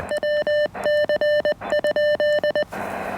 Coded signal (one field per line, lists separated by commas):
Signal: Morse code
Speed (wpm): 20 wpm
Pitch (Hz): 1800 Hz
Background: none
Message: WC?